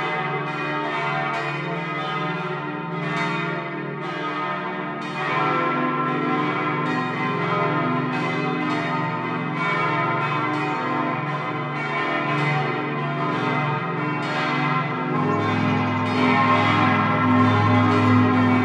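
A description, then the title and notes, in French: Church bells ring continuously, their strikes overlapping into a dense, steady wash of ringing tones with a low hum beneath. Fresh strokes arrive every second or so, keeping the level even, and the lowest tone drops deeper around fifteen seconds. Cloches/Glocken – Breitenbach (SO). Curieux édifice que le clocher de l’église catholique de Breitenbach. Ce qu’on pourrait aisément comparer à une morille ou un totem en béton renferme une imposante sonnerie de 6 cloches, oeuvre de 3 fondeurs distincts.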